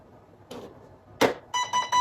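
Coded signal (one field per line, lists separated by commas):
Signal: beep code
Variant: gel blaster battery cell count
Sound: a click and thump of the battery connecting, then three short electronic beeps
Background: small room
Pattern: 3 short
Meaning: Three beeps mean a 3-cell (11.1 V) battery was detected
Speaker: Okay, so that's the 3 sounds, 3 beeps.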